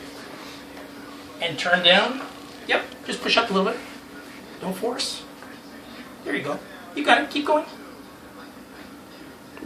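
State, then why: Seated. A plastic water bottle with a built-in pickup tube is pushed up into the unthreaded mount of an Adec dental delivery unit while someone talks over a steady low hum. A sharp, short click at 9.6 s marks the bottle locking into place, seated.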